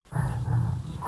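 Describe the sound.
An animal growls in a low, continuous rumble lasting about a second.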